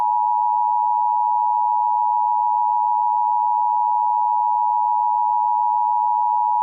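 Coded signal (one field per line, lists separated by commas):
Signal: Emergency Alert System (SAME) tones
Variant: 853 and 960 Hz attention tone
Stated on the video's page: Mock alert, not a real activation.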